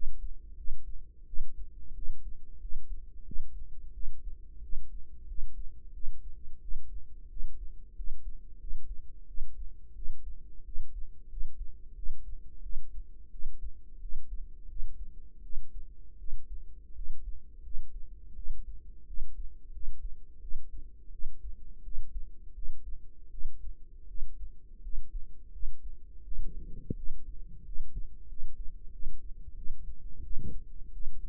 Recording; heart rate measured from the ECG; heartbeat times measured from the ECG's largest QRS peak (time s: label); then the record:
heart sounds by microphone in the right ear; 87 bpm
0.55 s: heartbeat
1.25 s: heartbeat
1.93 s: heartbeat
2.59 s: heartbeat
3.23 s: heartbeat
3.92 s: heartbeat
4.60 s: heartbeat
5.26 s: heartbeat
5.92 s: heartbeat
6.60 s: heartbeat
7.28 s: heartbeat
7.94 s: heartbeat
8.58 s: heartbeat
9.26 s: heartbeat
9.93 s: heartbeat
10.63 s: heartbeat
11.28 s: heartbeat
11.94 s: heartbeat
12.61 s: heartbeat
13.29 s: heartbeat
13.99 s: heartbeat
14.67 s: heartbeat
15.41 s: heartbeat
16.17 s: heartbeat
16.93 s: heartbeat
17.61 s: heartbeat
18.34 s: heartbeat
19.05 s: heartbeat
19.71 s: heartbeat
20.39 s: heartbeat
21.10 s: heartbeat
21.82 s: heartbeat
22.53 s: heartbeat
23.29 s: heartbeat
24.06 s: heartbeat
24.80 s: heartbeat
25.50 s: heartbeat
26.23 s: heartbeat
26.94 s: heartbeat
27.63 s: heartbeat
28.27 s: heartbeat
28.90 s: heartbeat
29.54 s: heartbeat
30.21 s: heartbeat
30.91 s: heartbeat
From the record:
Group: healthy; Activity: rest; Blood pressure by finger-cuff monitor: 81/56 mmHg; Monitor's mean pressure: 65 mmHg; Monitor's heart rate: 87 bpm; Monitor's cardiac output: 6.8 L/min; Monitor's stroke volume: 78 mL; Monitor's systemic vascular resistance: 670 dyn s/cm5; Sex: female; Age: 19 years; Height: 163 cm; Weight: 48.9 kg